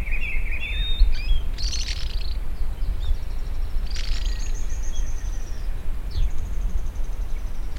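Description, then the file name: Bird calls: high chirps and short whistled notes, a sliding whistle and two long, thin, high trills, over a steady low rumble. "SABIOD 50 bird 2015"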